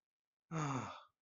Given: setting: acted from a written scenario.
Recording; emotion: vocal sound without words; relief